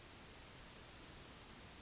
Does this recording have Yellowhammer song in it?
no